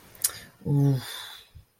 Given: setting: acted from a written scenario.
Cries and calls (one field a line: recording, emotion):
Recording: vocal sound without words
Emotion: guilt